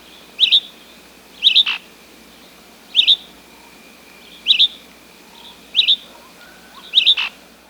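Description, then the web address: Sierran Elaenia calls: short, high, burry notes, some with a sharp downward-sweeping tail, repeated roughly every one to one and a half seconds. Recorded in Ecuador. "Birds of Ecuador 2. Sierran Elaenia"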